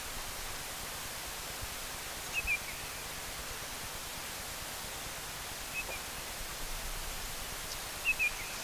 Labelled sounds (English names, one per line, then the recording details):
Lesser Yellowlegs call
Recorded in the wild
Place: Elk Island National Park, Beaver Hills, Alberta, CA
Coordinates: 53.6778, -112.826
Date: 1991-09-22 17:43
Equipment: Sony WM-D6C, Sony ECM-939 LT (Stereo), Kopie Uher 4400 IC
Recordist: Frommolt, Karl-Heinz